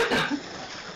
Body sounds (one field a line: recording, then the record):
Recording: coughing mixed with background sound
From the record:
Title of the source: Barking cough - # 10